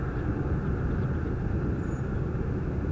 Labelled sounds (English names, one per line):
Common Blackbird